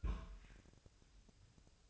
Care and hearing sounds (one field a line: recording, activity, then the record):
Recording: daily activity, microphone in the room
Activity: place on stove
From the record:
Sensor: 2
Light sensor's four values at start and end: 6/15/6/6 and 6/15/6/6